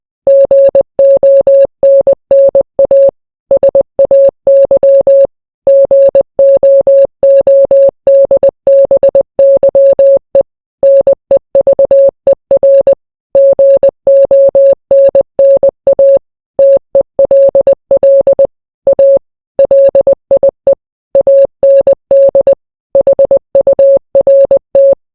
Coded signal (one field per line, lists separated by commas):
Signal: Morse code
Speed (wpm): 20 wpm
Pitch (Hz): 550 Hz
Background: none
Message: GONNA SAY GOODBYE NEVER GONNA TELL A LIE AND HURT